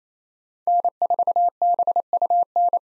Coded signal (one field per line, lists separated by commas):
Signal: Morse code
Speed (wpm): 28 wpm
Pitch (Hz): 700 Hz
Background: none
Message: N4BUN